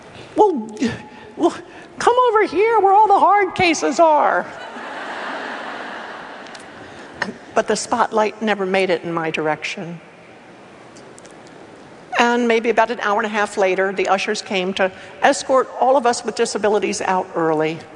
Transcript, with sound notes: "Well, come over here where all the hard cases are!" (laughter) But the spotlight never made it in my direction. Maybe about an hour-and-a-half later the ushers came to escort all of us with disabilities out early.